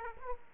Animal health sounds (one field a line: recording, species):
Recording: mosquito wingbeat signal from an infrared sensor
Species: Aedes aegypti